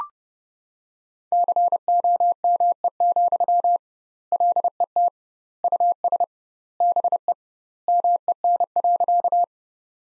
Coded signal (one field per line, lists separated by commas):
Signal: Morse code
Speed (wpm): 30 wpm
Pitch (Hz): 700 Hz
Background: none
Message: COME, LET US BE MEN.